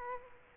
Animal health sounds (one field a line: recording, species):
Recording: mosquito wingbeat signal from an infrared sensor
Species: Culex quinquefasciatus